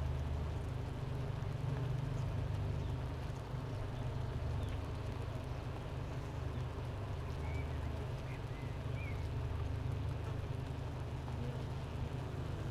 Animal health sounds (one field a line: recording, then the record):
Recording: honeybee colony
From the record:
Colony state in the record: missing queen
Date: 31 May 2018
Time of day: 10:13